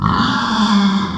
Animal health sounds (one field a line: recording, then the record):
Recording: squeal of a Yucatan mini pig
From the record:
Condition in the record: after surgery on the right vocal fold (resection and tissue-engineered implant)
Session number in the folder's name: 16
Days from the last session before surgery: 183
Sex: female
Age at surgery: 19 weeks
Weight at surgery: 25 kg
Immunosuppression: prednisolone